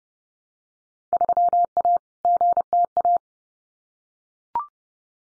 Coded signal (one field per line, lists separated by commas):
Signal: Morse code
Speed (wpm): 30 wpm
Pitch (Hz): 700 Hz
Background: none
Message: 3A GTA